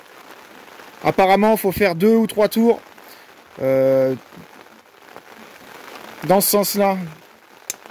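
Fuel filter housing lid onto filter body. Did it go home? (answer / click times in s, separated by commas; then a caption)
yes / 7.7 s. The plastic lid of a diesel fuel filter housing is turned counterclockwise onto the filter body while someone talks over a steady background hiss. A sharp click at 7.7 s marks the lid's mechanism clipping into place, and the lid is seated.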